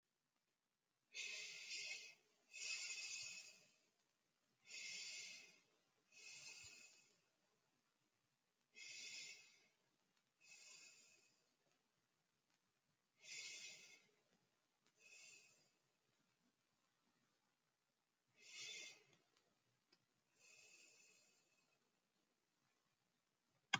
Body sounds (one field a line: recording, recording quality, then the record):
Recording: deep breathing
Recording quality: excellent, no background noise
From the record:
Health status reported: healthy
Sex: female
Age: 30 years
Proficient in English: yes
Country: United States